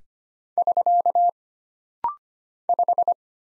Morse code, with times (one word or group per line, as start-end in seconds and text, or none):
0.6-1.3 <SK>
2.7-3.1 5